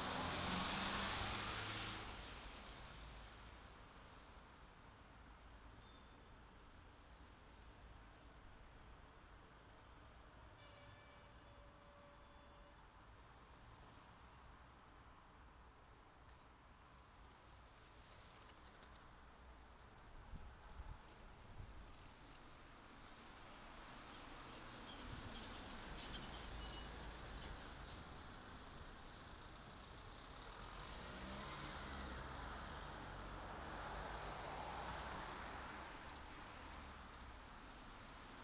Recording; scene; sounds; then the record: everyday scene through a hearing-aid microphone; in traffic; traffic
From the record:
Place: city secondary road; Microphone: in the ear canal, right